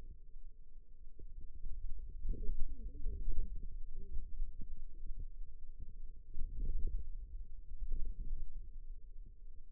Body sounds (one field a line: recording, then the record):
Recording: forearm muscle sounds (acoustic myography)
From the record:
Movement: ulnar deviation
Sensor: system 2, bracelet of six BSWA MPA416 microphones around the upper forearm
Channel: 3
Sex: female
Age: 21 years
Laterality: right